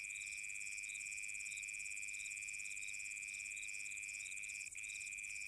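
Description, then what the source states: Crickets calling in overlapping layers, a constant trill plus rapid pulsed chirps and a thin high buzz, broken by one short tick. Summer night.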